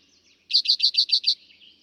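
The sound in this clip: Eastern towhee song: six quick, ringing high notes in an even series lasting under a second, with faint bird chatter behind.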